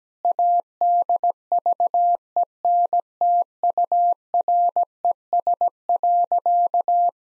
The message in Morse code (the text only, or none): ADVENTURES.